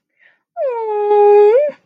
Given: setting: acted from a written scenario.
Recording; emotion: vocal sound without words; adoration